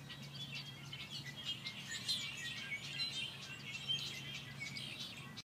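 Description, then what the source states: Birds chirping and twittering together in a dense, continuous high-pitched chorus of overlapping short notes, over a steady low hum. Birds recorded at an amphitheatre.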